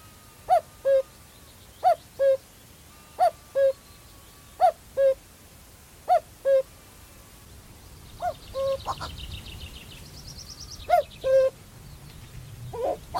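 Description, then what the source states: Common Cuckoo song, a clear two-note falling cu-coo repeated steadily, then less regular notes mixed with other higher sounds. Male; Cannock Chase, a lowland heath in Staffordshire; summer migrant.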